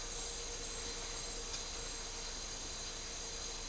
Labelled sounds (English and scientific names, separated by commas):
none